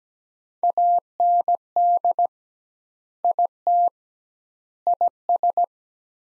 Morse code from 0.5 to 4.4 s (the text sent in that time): AND IT